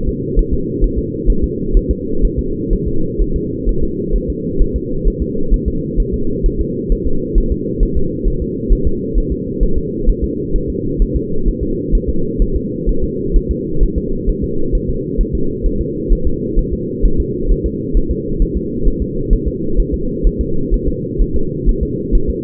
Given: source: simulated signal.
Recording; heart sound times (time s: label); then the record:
fetal heart sounds
0.09 s: S2
0.39 s: S1
0.54 s: S2
0.84 s: S1
0.98 s: S2
1.30 s: S1
1.44 s: S2
1.77 s: S1
1.91 s: S2
2.25 s: S1
2.39 s: S2
2.73 s: S1
2.88 s: S2
3.21 s: S1
3.36 s: S2
3.69 s: S1
3.83 s: S2
4.16 s: S1
4.30 s: S2
4.62 s: S1
4.76 s: S2
5.08 s: S1
5.22 s: S2
5.54 s: S1
5.68 s: S2
6.00 s: S1
6.14 s: S2
6.46 s: S1
6.60 s: S2
6.92 s: S1
7.07 s: S2
7.38 s: S1
7.52 s: S2
7.83 s: S1
7.97 s: S2
8.28 s: S1
8.42 s: S2
8.72 s: S1
8.87 s: S2
9.18 s: S1
9.32 s: S2
9.63 s: S1
9.78 s: S2
10.09 s: S1
10.24 s: S2
10.56 s: S1
10.70 s: S2
11.02 s: S1
11.16 s: S2
11.48 s: S1
11.63 s: S2
11.95 s: S1
12.09 s: S2
12.42 s: S1
12.56 s: S2
12.89 s: S1
13.04 s: S2
13.36 s: S1
13.51 s: S2
13.83 s: S1
13.98 s: S2
14.29 s: S1
14.44 s: S2
14.75 s: S1
14.89 s: S2
15.21 s: S1
15.35 s: S2
15.66 s: S1
15.81 s: S2
16.12 s: S1
16.27 s: S2
16.59 s: S1
16.73 s: S2
17.05 s: S1
17.20 s: S2
17.51 s: S1
17.66 s: S2
17.97 s: S1
18.11 s: S2
18.42 s: S1
18.57 s: S2
18.88 s: S1
19.02 s: S2
19.33 s: S1
19.48 s: S2
19.80 s: S1
19.94 s: S2
20.27 s: S1
20.41 s: S2
20.74 s: S1
20.88 s: S2
21.22 s: S1
21.36 s: S2
21.69 s: S1
21.83 s: S2
22.15 s: S1
22.30 s: S2
From the record:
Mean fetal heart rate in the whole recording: 130 bpm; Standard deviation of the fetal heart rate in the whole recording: 4 bpm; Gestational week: 38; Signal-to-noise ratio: -8.1 dB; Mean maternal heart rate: 72 bpm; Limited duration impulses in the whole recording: absent